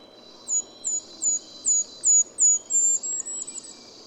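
Golden-crowned Kinglet giving a string of very high, wispy notes that quicken and end in a short, tumbling jumble.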